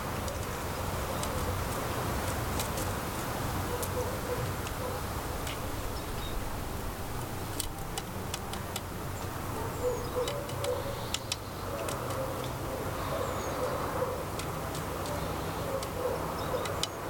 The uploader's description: A Blue Tit feeding on some fresh grains, while a Willow Tit pecks away at some peanuts.